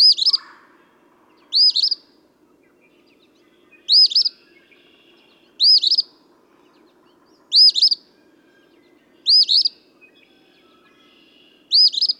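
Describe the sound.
Eastern phoebe repeats its scratchy two-note phrase seven times, roughly every one and a half to two seconds, with a brief lower chirp at the start.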